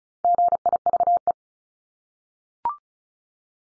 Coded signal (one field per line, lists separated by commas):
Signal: Morse code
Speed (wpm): 36 wpm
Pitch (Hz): 700 Hz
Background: none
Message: GIVE